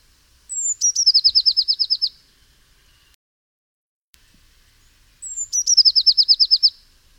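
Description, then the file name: Eurasian blue tit song, two identical phrases about five seconds apart, each a high descending whistle followed by a rapid run of roughly ten bright notes. "Cyanistes caeruleus"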